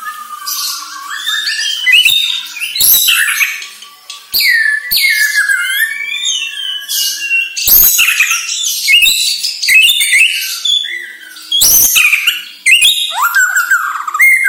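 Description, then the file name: White-rumped shama song, dense and energetic, with high sweeping notes, harsh bursts and fast chattering phrases run together. Bornean type; lure recording meant to make shamas sing actively ('gacor'). "Sara Pancingan Murai Batu Borneo Agar Gacor Dor"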